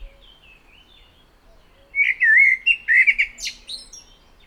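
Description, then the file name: Common blackbird song: soft thin notes at first, then a loud mellow, warbled phrase ending in sharp squeaky twitters. "Turdus merula"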